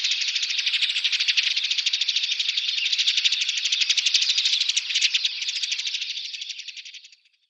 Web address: Schulze Peter Dead Sea Sparrow calls